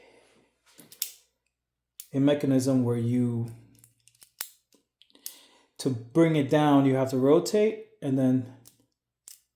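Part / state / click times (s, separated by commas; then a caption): carabiner gate lock on the carabiner body / seated / 9.3 s. Someone talks while rotating the locking mechanism on the aluminum carabiner of a Speaqua Barnacle Pro and bringing the gate down, with a few light ticks and handling clicks between phrases. The gate lock seats on the carabiner body with a short, sharp click at 9.3 s, locking in place so it won't open.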